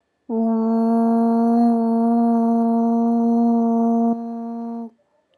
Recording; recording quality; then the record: sustained vowel as in boot; excellent, no background noise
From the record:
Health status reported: healthy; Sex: female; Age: 26 years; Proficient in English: yes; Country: India